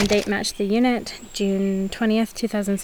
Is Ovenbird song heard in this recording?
no